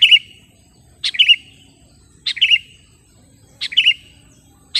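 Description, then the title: Sooty-headed bulbul call: short bright chirped phrases, each a sharp note followed by a quick twitter, repeated about every 1.2 seconds over faint low hum. "kutilang"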